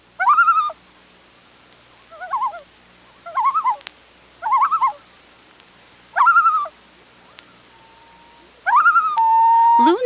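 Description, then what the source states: Loon calls: short quavering tremolo phrases repeated every second or two, ending in a long steady wail and a falling note. Dated 22 June 1987.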